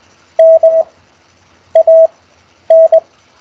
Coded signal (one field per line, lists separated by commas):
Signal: Morse code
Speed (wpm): 20 wpm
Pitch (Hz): 650 Hz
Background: none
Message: DAN